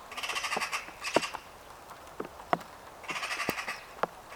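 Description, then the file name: Eurasian magpie chattering in rapid harsh rattles, three grating bursts separated by pauses, with scattered sharp clicks in between. "Pica pica"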